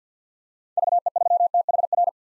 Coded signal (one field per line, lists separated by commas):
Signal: Morse code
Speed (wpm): 50 wpm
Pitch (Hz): 700 Hz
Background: none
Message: VE3THR